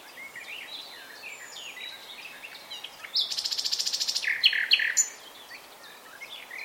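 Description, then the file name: Common nightingale song: soft chirps lead into a loud rapid pulsing rattle, ending in sharp notes. "Luscinia megarhynchos"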